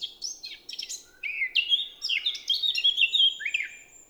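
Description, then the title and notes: Eurasian blackcap singing a melodious warble, scratchy opening notes giving way to loud, clear fluted phrases with quick pitch jumps. Recorded 10 April 2020 at Champs des Blas, Val Maravel, after the dawn chorus; melodious song; stereo omni mic (Nagra LB, MKH20). "Fauvette à tête noire (Sylvia atricapilla). Champs des Blas - Val Maravel"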